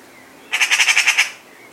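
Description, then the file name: Eurasian magpie chatter: one harsh, rattling burst of about seven rapid, evenly spaced notes lasting under a second, with quiet background. "Pica pica"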